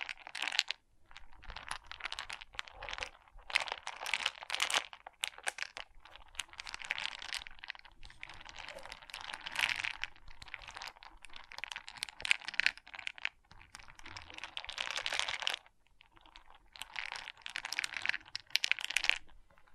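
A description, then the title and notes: Small plastic pixel art beads clatter and rattle in dense, rapid bursts of tiny bright clicks, much like fast typing. The clicking runs nearly nonstop with uneven loudness, broken by brief pauses near the start and around fifteen seconds. ASMR Relaxing Pixel Art Beads ( No Talking).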